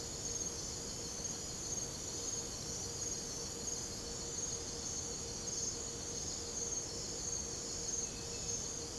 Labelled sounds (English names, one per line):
none